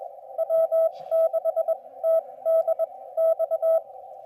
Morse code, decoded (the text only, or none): W6TDX